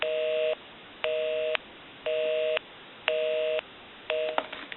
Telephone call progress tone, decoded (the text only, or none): busy tone